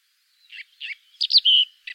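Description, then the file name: Eurasian blackcap: a few short buzzy notes followed by a clearer whistled note, all high-pitched. "Sylvia atricapilla"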